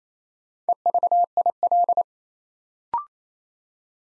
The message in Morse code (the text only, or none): EVIL